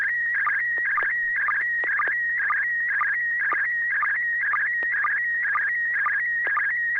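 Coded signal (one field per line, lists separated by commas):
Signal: SSTV (slow-scan television)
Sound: warbling high tone near 2 kHz, brief low chirp about twice a second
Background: low hum, occasional clicks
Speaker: uh well that came through very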